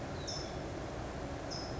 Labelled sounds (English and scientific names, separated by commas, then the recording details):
California Towhee (Melozone crissalis)
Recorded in Sonoma County, California